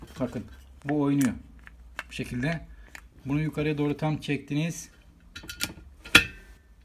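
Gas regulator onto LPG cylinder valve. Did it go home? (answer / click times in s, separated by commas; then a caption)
yes / 6.2 s. A gas regulator is pushed onto the valve of an LPG cylinder, with its plastic collar pulled up, until it latches. Someone talks, then after a few soft handling sounds a sharp click at 6.2 seconds marks the regulator snapping into place on the valve, seated.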